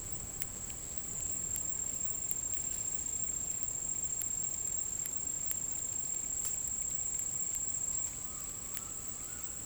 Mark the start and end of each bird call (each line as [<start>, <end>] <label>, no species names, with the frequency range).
[7.70, 9.65] bird call (0.8-2.5 kHz)